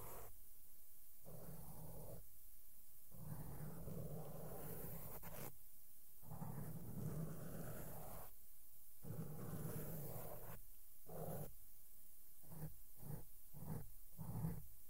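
Soft makeup brushes sweep across a microphone, making a rough, rumbling hiss with a low growl underneath. The brushing comes in long strokes broken by brief pauses, and toward the end the strokes shorten into quicker, regular bursts.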